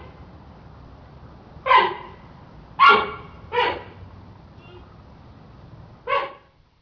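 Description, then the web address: Panda squeals, four short harmonic cries at uneven intervals, with a long quiet gap before the last one. Squealing panda, described as trying to say something. "som de panda a tentar dizer algo a guinchar"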